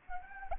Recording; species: mosquito wingbeat signal from an infrared sensor; Anopheles arabiensis